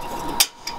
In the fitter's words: for the click and they're secure